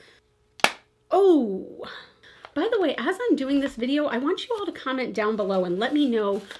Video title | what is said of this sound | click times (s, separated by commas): IF I HAD TO DECLUTTER ONE PALETTE FROM EACH BRAND 🗑️ I don't want to choose! | would be the one to go that was a very satisfying snap | 0.6 s